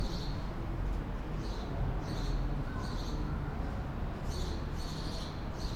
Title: GameAudioGDC. Ambience. Evening. Under a medium sized tunnel. Reverberant acoustics. Reverberant traffic rumble & car engine howl & roars. Distat birdsong, mainly sparrows. Pedestrians passing